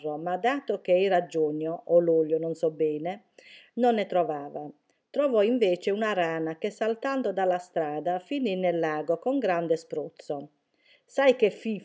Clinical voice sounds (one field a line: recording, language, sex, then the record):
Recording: read passage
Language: Italian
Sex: female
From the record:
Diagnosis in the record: healthy control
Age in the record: 61 years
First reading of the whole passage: 59 s, 8.5 characters per second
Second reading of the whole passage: 54 s, 7.6 characters per second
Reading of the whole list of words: 57 s, 4.9 characters per second